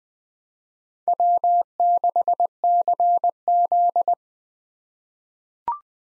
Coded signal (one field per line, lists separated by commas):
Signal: Morse code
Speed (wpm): 20 wpm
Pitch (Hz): 700 Hz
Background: none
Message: W6CZ